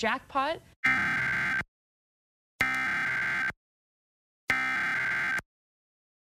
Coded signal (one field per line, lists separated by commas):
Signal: Emergency Alert System (SAME) tones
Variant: header bursts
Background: speech